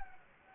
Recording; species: mosquito wingbeat signal from an infrared sensor; Anopheles gambiae